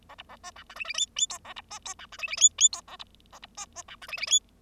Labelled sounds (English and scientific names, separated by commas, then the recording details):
Bengalese Finch (Lonchura striata domestica) song
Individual Bird0